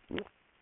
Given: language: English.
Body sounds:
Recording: throat vibration sensor signal played as sound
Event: swallow

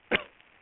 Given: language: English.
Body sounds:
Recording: throat vibration sensor signal played as sound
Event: cough

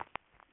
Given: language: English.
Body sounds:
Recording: throat vibration sensor signal played as sound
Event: swallow

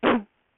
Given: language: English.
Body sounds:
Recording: throat vibration sensor signal played as sound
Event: cough

